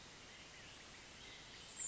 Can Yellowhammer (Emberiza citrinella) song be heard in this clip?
no